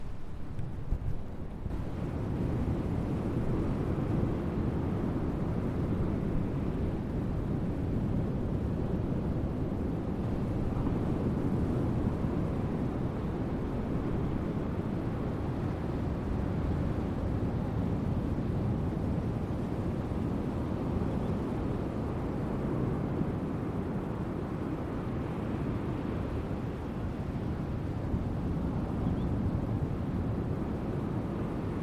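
A steady, dense low roar at Charlestown Breakwater State Beach, thick and rumbling with only a faint higher hiss above it. A brighter hiss fills the first two seconds, then drops away, and the roar holds at an even level without distinct events.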